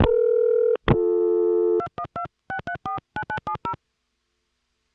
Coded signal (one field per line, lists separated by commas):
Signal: DTMF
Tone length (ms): 90 ms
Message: 2126349970